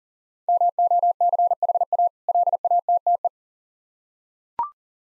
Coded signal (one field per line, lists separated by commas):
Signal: Morse code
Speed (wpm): 37 wpm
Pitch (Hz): 700 Hz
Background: none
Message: MOCHA LATTE